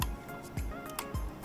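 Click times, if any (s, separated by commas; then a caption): none. An SDI cable's BNC connector is pushed onto the SDI input of a Blackmagic Design Micro Converter SDI to HDMI, chosen over the loop out, which can't be used, and twisted to lock so it won't come loose. Short handling ticks land at about 0.0 s and 1.0 s over background music. The clip ends before the connector locks, and nothing has seated yet.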